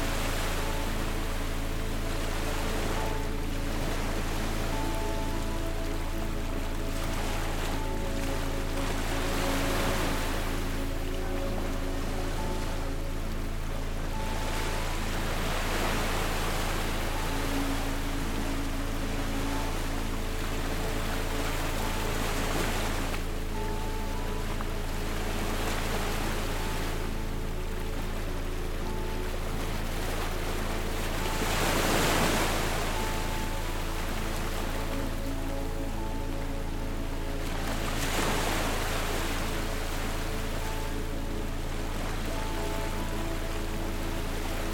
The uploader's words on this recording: This week's episode is a repeating peaceful melody. The gentle sounds of the piano and the ambiance. Music and sound was recorded by Matt Ridenour exclusively for Sleep Better. This melody mixed with calming ocean waves.